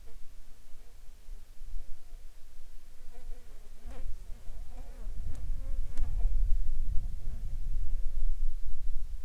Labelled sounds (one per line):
insects